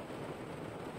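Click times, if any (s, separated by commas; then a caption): none. A steering-column stalk switch is being handled and pushed toward its plastic housing on the steering-column block of a Nissan, around a new clock spring fitted to fix an airbag warning light. Only a steady, broadband rustling noise is heard, with no sharp hits. Nothing has clicked or seated yet.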